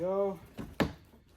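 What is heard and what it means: A plastic push-in retainer clip is pressed into a radiator mounting hole while installing the radiator on a 2007 Lexus ES350. Someone talks at the start, then a softer knock comes at about 0.6 s, and a single sharp snap at 0.8 s marks the clip popping into place, seated.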